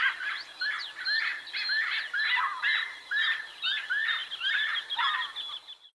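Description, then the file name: Giant wood rail calls: rapid, harsh, squealing notes in quick succession, over a faint background hiss. "Canto do saracuracu"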